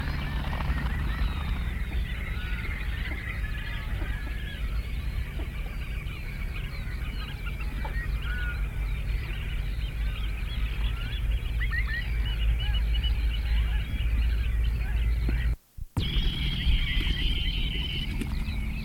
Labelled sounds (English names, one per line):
Ruff call